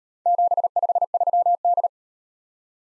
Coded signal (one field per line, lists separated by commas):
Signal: Morse code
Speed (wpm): 36 wpm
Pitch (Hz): 700 Hz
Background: none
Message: 753D